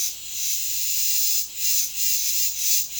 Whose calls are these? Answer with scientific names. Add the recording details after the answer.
none. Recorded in dense forest near Puerto Asís, Putumayo, Colombia, on 21 February 2024 at 10:00. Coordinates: 0.505, -76.324. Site G6467